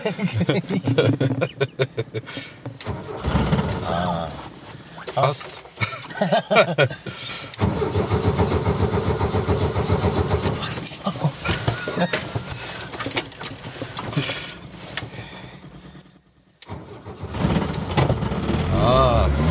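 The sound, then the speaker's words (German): An old off-road car's engine cranks over and catches, settling into a rough, steady rumble that briefly cuts out before returning, with a voice speaking a word over it. “Er ist halt gut geländegängig, er hat zwar ein bisschen Altersschwäche, aber passt schon im Großen und Ganzen, eigentlich ein ganz vernünftiges Auto für sowas.”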